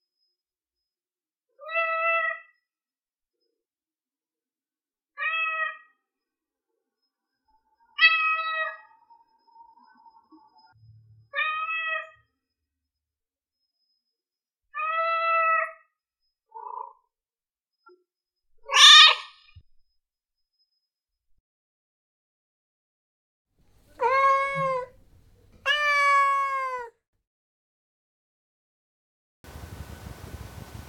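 A kitten meows repeatedly in a quiet room, short clear cries every few seconds, rising higher near the end before a burst of rustling.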